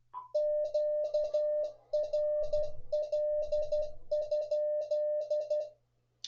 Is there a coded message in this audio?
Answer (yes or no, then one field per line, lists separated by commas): yes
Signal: Morse code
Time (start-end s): 0.3-5.6 s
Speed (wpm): 12 wpm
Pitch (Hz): 600 Hz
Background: music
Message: QRL?